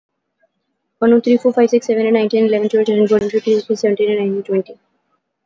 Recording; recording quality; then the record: counting at a fast pace; excellent, no background noise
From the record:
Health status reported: healthy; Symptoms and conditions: none ticked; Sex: female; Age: 20 years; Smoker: not ticked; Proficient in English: yes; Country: India